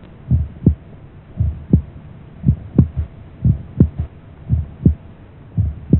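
A steady, low heart rhythm at about 57 beats a minute, each beat a cluster of soft thumps: the two main heart sounds followed by a faint extra low sound early in the relaxation phase. This is a physiological third heart sound, a normal finding.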